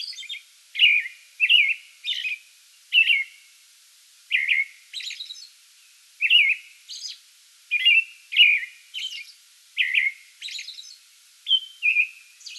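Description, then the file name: American robin song, a series of warbled whistled phrases with short pauses and occasional high thin notes. Pre-dawn song bout, recorded 8 May 2022. "2022-05-08 American Robin pre-dawn song bout"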